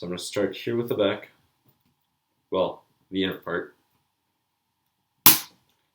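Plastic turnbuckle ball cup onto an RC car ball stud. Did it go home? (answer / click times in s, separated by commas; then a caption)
yes / 5.3 s. Someone talks while a plastic turnbuckle ball cup is pressed onto the inner metal ball stud of a Team Associated SC6.2 RC truck. One sharp, loud snap is heard at 5.3 s as the cup seats on the stud.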